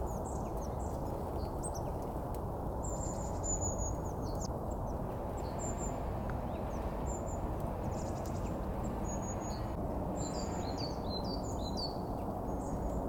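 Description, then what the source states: Birds giving high thin whistles and quick chirps, some notes repeated in short series, against a steady low background roar. Several birds; filmed with a Sony A7 IV camera and 70-300G lens.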